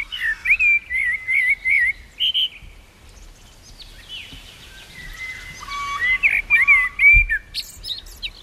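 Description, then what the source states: Common blackbird song: mellow fluted whistled phrases around mid pitch, a pause, then a second varied phrase with added flourishes and higher twittering notes, over quiet background. Third blackbird, which sang at a house window some years ago; it has its first verse, adds a couple of flourishes and repeats it, seemingly still developing the song.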